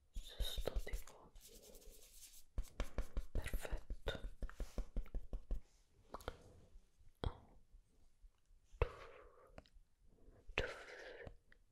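Soft brushing, with quick bursts of dense bristly strokes in the first half and a few slower sweeps later around eight and eleven seconds. Faint breathy murmuring drifts between the strokes, too quiet to make out.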